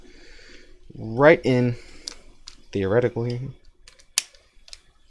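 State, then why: Seated. A plastic leg tab on a Transformers Studio Series 86 Slug/Slag figure is pushed into its slot on the body during the robot-to-vehicle transformation while someone talks. After a few small plastic ticks, a sharp click at 4.2 s marks the tab seating, leaving the leg sitting flush and snug.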